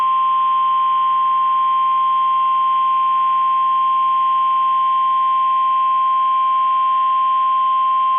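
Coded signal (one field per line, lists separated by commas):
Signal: Emergency Alert System (SAME) tones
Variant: 1050 Hz attention tone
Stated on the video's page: Required weekly test from NOAA Weather Radio station serving Minneapolis/St. Paul, Minnesota.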